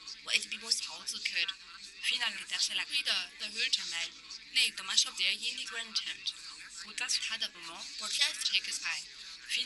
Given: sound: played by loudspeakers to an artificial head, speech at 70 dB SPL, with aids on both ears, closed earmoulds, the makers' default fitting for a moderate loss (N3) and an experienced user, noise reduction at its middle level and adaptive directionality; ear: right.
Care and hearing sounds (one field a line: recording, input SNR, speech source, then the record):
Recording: speech test signal (ISTS) in cocktail-party noise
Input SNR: +3 dB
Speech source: on the right (90 degrees)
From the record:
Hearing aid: class 2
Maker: H